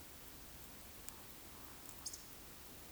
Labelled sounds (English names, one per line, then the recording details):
Eurasian Woodcock whistle
Eurasian Woodcock croak
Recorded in Baden-Württemberg, Germany, on 9 May 2021 at 19:27 UTC
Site 23718, 552 m above sea level